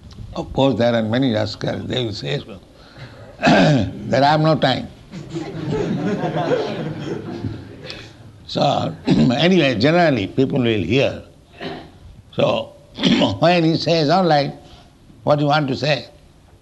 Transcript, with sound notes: Of course, there are many rascals. They will say so, that "I have no time." [laughter] So anyway, generally people will hear. So when he says, "All right, what do you want to say?"